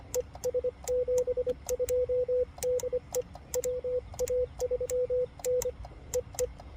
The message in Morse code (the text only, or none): ES72 DE WA3N EE